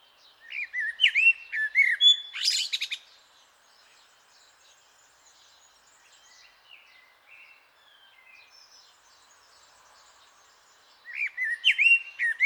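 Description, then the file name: Common blackbird song in two phrases separated by about eight seconds of near silence: the first is a few low, mellow warbled whistles followed by a high, scratchy twitter, and the second is only the opening whistles. "Turdus merula"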